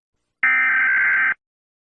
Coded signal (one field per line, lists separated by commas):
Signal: Emergency Alert System (SAME) tones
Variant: header bursts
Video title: EAs alarms 3